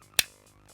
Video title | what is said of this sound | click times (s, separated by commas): DNA Design DK 56 Upgrade for Legacy United Animated Motormaster | with a satisfying click. | 0.2 s